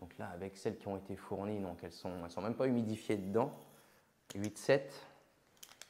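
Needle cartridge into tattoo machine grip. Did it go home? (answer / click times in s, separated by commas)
no / none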